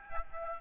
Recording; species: mosquito wingbeat signal from an infrared sensor; Aedes albopictus